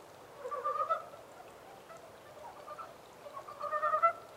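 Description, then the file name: Montane brown frog giving two clusters of throaty clucking croaks, one early and one near the end, with softer notes between over faint hiss. Recorded 14 April 2010. "yamaakagaeru-20100414"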